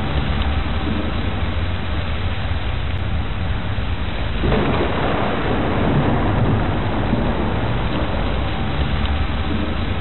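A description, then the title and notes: Steady, dense rain hisses throughout, while a low rolling rumble of thunder swells from about the midpoint and lingers before easing. Soothing rain and thunder.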